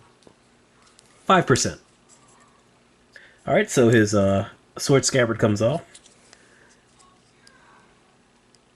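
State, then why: Not seated. Someone talks while a plastic sword scabbard is taken off an action figure's back, with a few faint, short handling taps and clicks in between. The scabbard is only handled and not yet pushed back into the figure's back, so nothing has seated or clicked yet.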